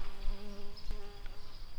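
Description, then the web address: Tree bumblebee buzzing, a low droning hum with steady harmonics that swells and fades irregularly, with a brief click partway through. Workers. "Hypnorum workers"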